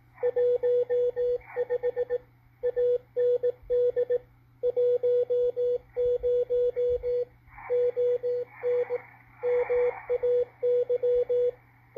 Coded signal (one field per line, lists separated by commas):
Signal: Morse code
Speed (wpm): 19 wpm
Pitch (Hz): 490 Hz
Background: radio noise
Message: 15 AND 10 ON MAY